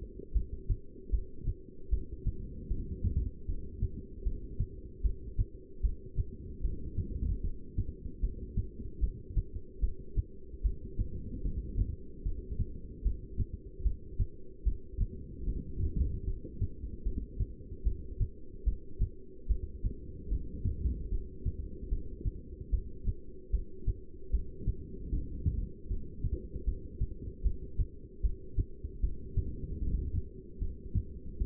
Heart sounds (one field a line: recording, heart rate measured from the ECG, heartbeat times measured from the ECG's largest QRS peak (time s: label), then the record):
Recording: heart sounds by stethoscope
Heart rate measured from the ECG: 75 bpm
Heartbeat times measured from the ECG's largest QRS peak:
0.34 s: heartbeat
1.11 s: heartbeat
1.91 s: heartbeat
2.69 s: heartbeat
3.47 s: heartbeat
4.24 s: heartbeat
5.03 s: heartbeat
5.82 s: heartbeat
6.62 s: heartbeat
7.43 s: heartbeat
8.22 s: heartbeat
9.01 s: heartbeat
9.81 s: heartbeat
10.63 s: heartbeat
11.43 s: heartbeat
12.24 s: heartbeat
13.04 s: heartbeat
13.83 s: heartbeat
14.65 s: heartbeat
15.45 s: heartbeat
16.26 s: heartbeat
17.04 s: heartbeat
17.84 s: heartbeat
18.65 s: heartbeat
19.48 s: heartbeat
20.29 s: heartbeat
21.10 s: heartbeat
21.90 s: heartbeat
22.71 s: heartbeat
23.52 s: heartbeat
24.31 s: heartbeat
25.11 s: heartbeat
25.89 s: heartbeat
26.66 s: heartbeat
27.43 s: heartbeat
28.22 s: heartbeat
29.01 s: heartbeat
29.80 s: heartbeat
30.60 s: heartbeat
31.39 s: heartbeat
From the record:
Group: heart failure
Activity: rest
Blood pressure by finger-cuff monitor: 163/98 mmHg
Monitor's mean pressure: 121 mmHg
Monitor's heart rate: 75 bpm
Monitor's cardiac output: 8.1 L/min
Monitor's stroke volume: 108 mL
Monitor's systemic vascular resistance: 1120 dyn s/cm5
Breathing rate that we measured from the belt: 13 breaths a minute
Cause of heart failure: non-ischemic cardiomyopathy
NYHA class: 1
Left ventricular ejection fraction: 62%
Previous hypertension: present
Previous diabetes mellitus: present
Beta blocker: bisoprolol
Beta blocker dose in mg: 10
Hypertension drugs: sacubitril-valsartan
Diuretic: furosemide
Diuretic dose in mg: 20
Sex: male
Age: 49 years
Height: 167 cm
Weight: 110 kg